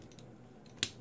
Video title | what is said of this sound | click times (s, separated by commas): Transformers BadCube OTS-11 Speedbump (Trailbreaker) - Defensive Strategist | and that's going to click in place right | 0.8 s